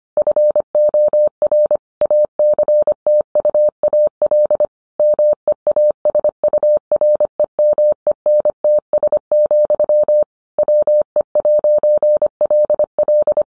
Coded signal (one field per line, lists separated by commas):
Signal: Morse code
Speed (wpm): 25 wpm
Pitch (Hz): 600 Hz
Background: none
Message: FOR ACTUAL MEASUREMENTS, WE'LL